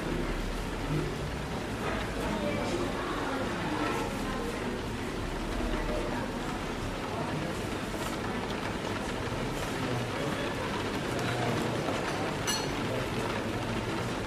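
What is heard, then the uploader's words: Rainy coffee shop ambience: a steady, dense bed of murmuring voices and soft rain hiss runs without pause. A low rumble sits underneath throughout. Brief brighter clinks stand out now and then, most clearly around eight and twelve seconds. Rainy Day Coffee Shop Ambience | Rain Sounds & Cafe Atmosphere. Rain patters on the window, people chatter quietly at their tables, and cups filled with warm coffee clink behind the bar.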